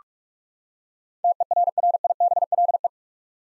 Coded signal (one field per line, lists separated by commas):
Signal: Morse code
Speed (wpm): 46 wpm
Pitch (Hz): 700 Hz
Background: none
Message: TERRIBLE